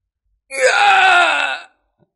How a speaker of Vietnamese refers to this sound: Một tiếng hét thảm cuối cùng truyền ra.